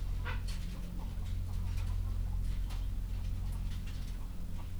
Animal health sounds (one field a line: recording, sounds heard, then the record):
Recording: poultry house recording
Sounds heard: sick chickens (respiratory disease)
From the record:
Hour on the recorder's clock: 8